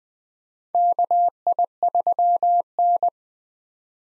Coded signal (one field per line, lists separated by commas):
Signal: Morse code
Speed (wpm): 21 wpm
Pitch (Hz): 700 Hz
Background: none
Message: KI3N